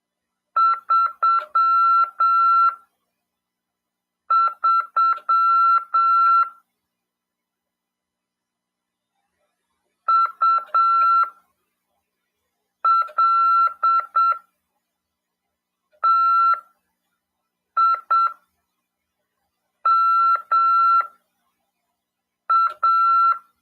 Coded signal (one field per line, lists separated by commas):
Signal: Morse code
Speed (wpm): 7 wpm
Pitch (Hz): 1350 Hz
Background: none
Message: 33 ULTIMA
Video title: RADIOAMADOR 1ªEd. 6/12/2022 "AULA 40: CW, LEGIS e C.RODADA" FM 146.410 Mhz. PY2EXU PAULO CRASP/RAF.